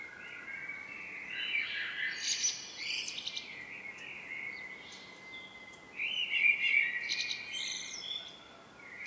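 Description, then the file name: Common blackbird song: a rich warbled phrase breaking into scratchy high notes, then after a pause a second phrase. "Turdus merula"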